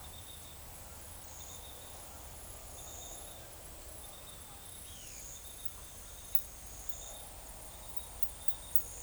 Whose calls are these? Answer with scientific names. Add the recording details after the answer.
none. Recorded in forest near Pivijay, Magdalena, Colombia, on 4 June 2023 at 16:30. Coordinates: 10.467, -74.380. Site Z5-G034